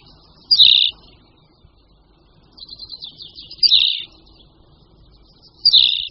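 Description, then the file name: Tawny pipit song: short bright chirping notes about every two to three seconds, one of them led in by a soft buzzy trill. "Linduška-úhorní"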